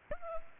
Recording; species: mosquito wingbeat signal from an infrared sensor; Culex pipiens